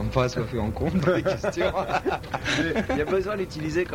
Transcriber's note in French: rires